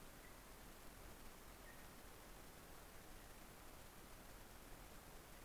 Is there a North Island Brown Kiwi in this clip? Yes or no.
no